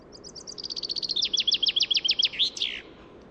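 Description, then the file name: Common chaffinch delivering a single song phrase, a high accelerating trill that steps down into loud, evenly spaced falling notes and a closing flourish, with faint background hiss. "Fringilla coelebs"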